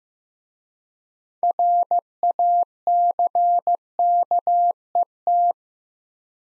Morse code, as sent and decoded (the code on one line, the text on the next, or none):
.-. .- -.-. -.- . -
RACKET